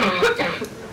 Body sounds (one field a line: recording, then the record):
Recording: coughing mixed with background sound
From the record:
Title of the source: Barking cough - # 10